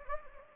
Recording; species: mosquito wingbeat signal from an infrared sensor; Anopheles gambiae